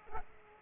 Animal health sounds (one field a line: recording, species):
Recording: mosquito wingbeat signal from an infrared sensor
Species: Aedes aegypti